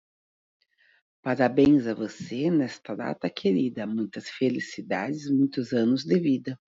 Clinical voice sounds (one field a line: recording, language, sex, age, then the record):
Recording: short text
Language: Brazilian Portuguese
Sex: female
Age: 40 to 49 years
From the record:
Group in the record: control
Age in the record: 42 years